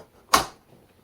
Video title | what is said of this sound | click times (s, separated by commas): Vern Mehler: Portable Solar Water Heater | it just snaps into place | 0.3 s